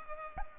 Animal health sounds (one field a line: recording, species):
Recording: mosquito wingbeat signal from an infrared sensor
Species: Culex pipiens